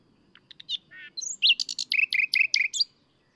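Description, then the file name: Common nightingale song opening with soft scattered notes and a low rattle, then a rhythmic run of many loud sharp repeated notes; faint low rumble beneath. "Luscinia megarhynchos"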